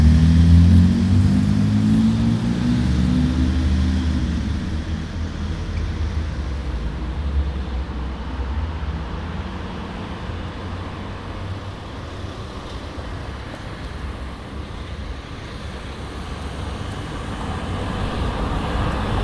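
City street atmosphere with a steady wash of traffic. At the start a vehicle's low engine rumble passes, rising in pitch, then fades, leaving a softer, even hum of cars. Near the end the traffic noise swells slightly again.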